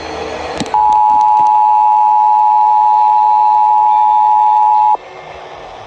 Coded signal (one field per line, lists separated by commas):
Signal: Emergency Alert System (SAME) tones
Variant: 853 and 960 Hz attention tone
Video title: Pennsylvania Statewide Required Monthly EAS Test for July 2025 (7/17/25)